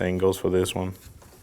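The second cooling fan's plastic wiring connector is handled at its fan motor socket during replacement of the AC condenser and receiver drier assembly on a 2014-2020 Acura MDX, plugged in the same way as the first connector, which should click. Someone talks for the first 0.9 seconds, then only faint, low handling noise follows. Nothing has seated or clicked yet.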